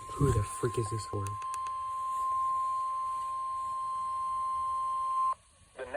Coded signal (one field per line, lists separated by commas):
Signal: Emergency Alert System (SAME) tones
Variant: 1050 Hz attention tone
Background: speech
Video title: EAS SVR TAE